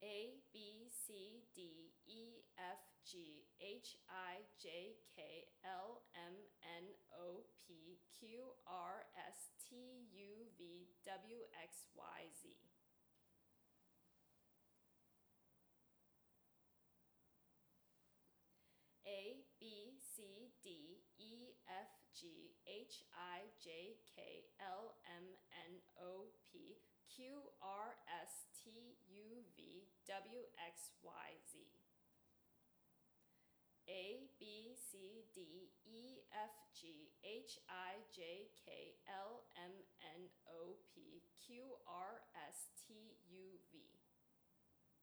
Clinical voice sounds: letters of the alphabet, spoken; free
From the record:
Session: seven days later

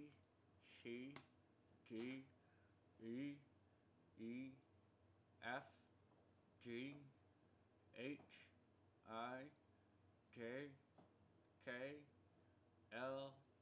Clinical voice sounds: letters of the alphabet, spoken; constrained by a bite bar between the teeth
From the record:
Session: first day, right after the free take

